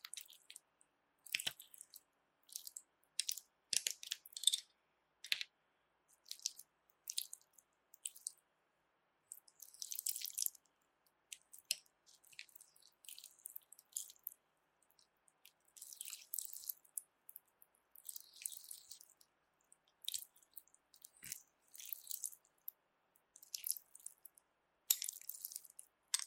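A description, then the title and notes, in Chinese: Slippery jelly being squished and handled, giving wet, sticky squelches and drip-like smacks. The sounds come in short, bright bursts every second or so, irregular in rhythm, with near silence between them for the whole stretch. 滑溜溜的果凍觸發 | Jelly Trigger。NO Talking。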